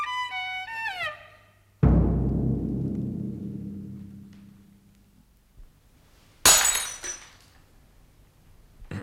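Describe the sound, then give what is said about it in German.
A drinking glass dropped by a doctor hits the floor and shatters in one bright, sharp burst of tinkling shards. It follows a deep crash with a long, fading rumble, and no one speaks. “Sie haben das Glas fallen lassen, Herr Doktor.”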